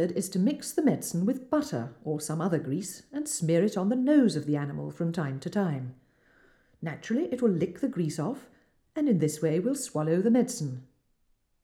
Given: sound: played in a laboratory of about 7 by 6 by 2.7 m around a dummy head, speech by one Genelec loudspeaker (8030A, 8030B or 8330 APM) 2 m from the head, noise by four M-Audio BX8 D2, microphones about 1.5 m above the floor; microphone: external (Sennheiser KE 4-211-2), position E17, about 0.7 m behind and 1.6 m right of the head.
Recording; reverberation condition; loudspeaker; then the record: female speech in English; medium; 120 degrees to the right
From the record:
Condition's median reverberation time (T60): about 510 ms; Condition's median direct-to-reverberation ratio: about -0.5 dB